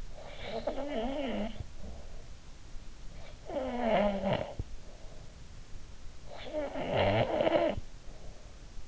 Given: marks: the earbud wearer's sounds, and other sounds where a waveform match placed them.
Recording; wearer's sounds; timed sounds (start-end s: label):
sounds in sleep by an in-ear microphone; snoring breath
0.00-2.53 s: snoring breath
2.82-5.42 s: snoring breath
6.01-8.38 s: snoring breath